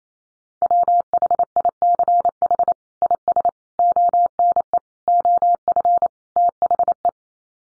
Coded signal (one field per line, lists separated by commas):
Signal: Morse code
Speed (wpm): 28 wpm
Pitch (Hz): 700 Hz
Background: none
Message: WHICH IS ONE OF THE